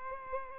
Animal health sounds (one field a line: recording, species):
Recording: mosquito wingbeat signal from an infrared sensor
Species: Aedes albopictus